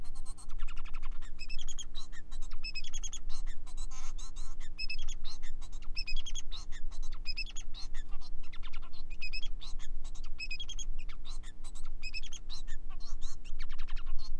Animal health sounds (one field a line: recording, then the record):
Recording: song of a male Bengalese finch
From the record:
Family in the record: son of father 4